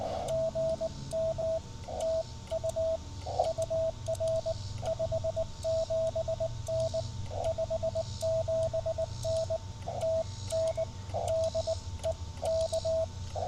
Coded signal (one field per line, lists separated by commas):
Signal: Morse code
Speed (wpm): 19 wpm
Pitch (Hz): 650 Hz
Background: radio noise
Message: GM TU UR 57N 57N TN DE K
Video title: Tennessee CW with a new-to-me FT-817 at US-2950 Henry Horton State Park!